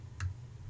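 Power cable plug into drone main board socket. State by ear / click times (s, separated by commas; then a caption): seated / 0.2 s. A Hubsan Zino drone's small power cable plug is pushed gently into its socket on the replacement main board. A short, sharp click at 0.2 s marks the connector seating, over a steady low hum. The power plug is now hooked up.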